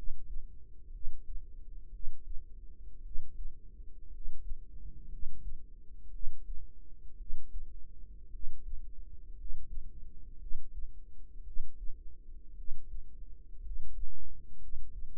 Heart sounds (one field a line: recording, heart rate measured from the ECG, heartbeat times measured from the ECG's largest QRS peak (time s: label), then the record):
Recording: heart sounds by microphone in the right ear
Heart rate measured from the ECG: 57 bpm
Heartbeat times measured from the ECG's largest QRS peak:
0.90 s: heartbeat
1.89 s: heartbeat
3.01 s: heartbeat
4.09 s: heartbeat
5.08 s: heartbeat
6.10 s: heartbeat
7.16 s: heartbeat
8.29 s: heartbeat
9.34 s: heartbeat
10.37 s: heartbeat
11.42 s: heartbeat
12.54 s: heartbeat
13.60 s: heartbeat
14.57 s: heartbeat
From the record:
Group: healthy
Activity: rest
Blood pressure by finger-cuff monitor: 105/52 mmHg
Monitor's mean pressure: 66 mmHg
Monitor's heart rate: 57 bpm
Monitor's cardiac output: 5.1 L/min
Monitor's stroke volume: 92 mL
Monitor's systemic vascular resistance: 910 dyn s/cm5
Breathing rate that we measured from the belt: 13 breaths a minute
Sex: male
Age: 25 years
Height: 170 cm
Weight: 70.4 kg